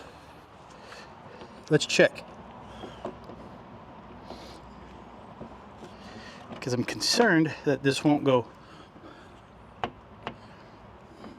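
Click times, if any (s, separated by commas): none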